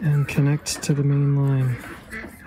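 A long PV cable from a solar module is handled with its plastic solar connector, ready to go into the main line connector, while someone talks. Nothing has seated or clicked yet.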